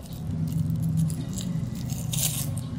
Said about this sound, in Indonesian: Antum lihat tali ini. Ana mau ikat nih tali ya.